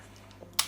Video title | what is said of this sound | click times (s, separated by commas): The Mad Catz Rat Pro X3 Review - Finally worth the wait? | and then it'll just pop into place just like that | 0.6 s